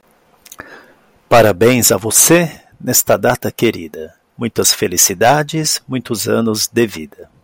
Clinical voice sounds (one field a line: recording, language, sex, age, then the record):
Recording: short text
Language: Brazilian Portuguese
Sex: female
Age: 50 to 59 years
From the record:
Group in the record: control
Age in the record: 51 years